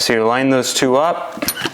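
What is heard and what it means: Someone talks while lining up the front fence assembly of a Festool Domino DF500 handheld domino joiner with the tool body, matching a hole to the shaft and a second side shaft to its mating hole. Quiet handling noises follow, with a brief sharp tap near 1.5 s. The fence has not yet clicked or seated onto the body.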